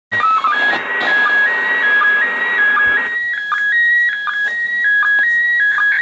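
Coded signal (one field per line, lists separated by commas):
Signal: SSTV (slow-scan television)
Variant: PD 180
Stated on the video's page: SSTV images transmitted from the International Space Station as an experiment.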